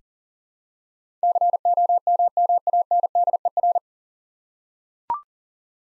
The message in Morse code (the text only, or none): COMMANDER